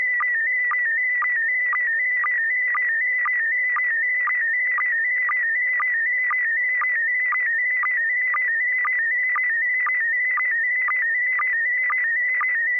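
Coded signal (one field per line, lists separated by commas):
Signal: SSTV (slow-scan television)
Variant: PD 120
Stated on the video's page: SSTV net on an FM repeater on 441.300 MHz, sent with MMSSTV software.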